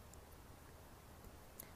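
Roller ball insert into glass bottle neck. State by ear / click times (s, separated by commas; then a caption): seated / 1.6 s. A plastic roller ball insert is set into the top of a small glass essential-oil bottle, and the lid is pressed on to push it home. After a faint tick at 0.1 s, a sharp click at 1.6 s marks the insert seating in the bottle neck, and it is confirmed solid and in place.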